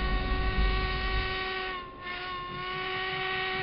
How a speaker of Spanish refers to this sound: En esos mismos instantes sonó el silbato y el tren arrancó.